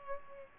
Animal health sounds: mosquito wingbeat signal from an infrared sensor; Culex pipiens

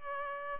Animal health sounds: mosquito wingbeat signal from an infrared sensor; Culex pipiens

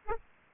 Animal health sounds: mosquito wingbeat signal from an infrared sensor; Aedes aegypti

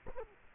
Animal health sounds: mosquito wingbeat signal from an infrared sensor; Culex quinquefasciatus

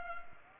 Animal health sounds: mosquito wingbeat signal from an infrared sensor; Culex pipiens

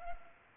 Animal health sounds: mosquito wingbeat signal from an infrared sensor; Culex pipiens

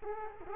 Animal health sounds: mosquito wingbeat signal from an infrared sensor; Culex quinquefasciatus

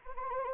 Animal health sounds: mosquito wingbeat signal from an infrared sensor; Anopheles arabiensis

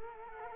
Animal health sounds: mosquito wingbeat signal from an infrared sensor; Culex quinquefasciatus

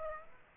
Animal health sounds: mosquito wingbeat signal from an infrared sensor; Aedes aegypti

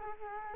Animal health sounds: mosquito wingbeat signal from an infrared sensor; Culex quinquefasciatus

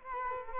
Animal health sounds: mosquito wingbeat signal from an infrared sensor; Culex quinquefasciatus

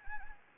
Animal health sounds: mosquito wingbeat signal from an infrared sensor; Anopheles gambiae

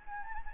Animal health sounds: mosquito wingbeat signal from an infrared sensor; Anopheles gambiae

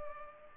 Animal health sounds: mosquito wingbeat signal from an infrared sensor; Culex pipiens

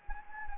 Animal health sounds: mosquito wingbeat signal from an infrared sensor; Anopheles gambiae

